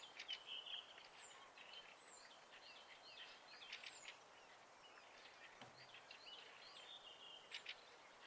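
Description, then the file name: Several birds sing quietly, with short whistles, chattery bursts and sharp clicks, plus high thin falling notes over a continuous hiss. Recorded at night in spring. "Fugler Natt Vaar"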